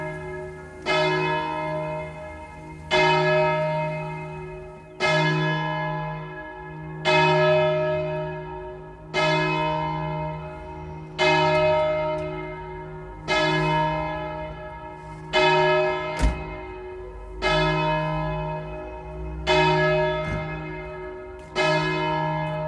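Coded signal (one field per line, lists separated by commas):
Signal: bell signal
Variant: distesa swinging bell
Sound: one large church bell ringing steadily, about ten strokes each ringing out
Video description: Segnale orario (composto da ritornello dell'Ave Maria di Lourdes e battiore) e Distesa del Mi♭³ come Angelus feriale delle ore 12.00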